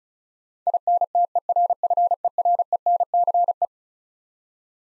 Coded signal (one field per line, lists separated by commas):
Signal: Morse code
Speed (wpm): 36 wpm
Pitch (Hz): 700 Hz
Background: none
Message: INTERFERENCE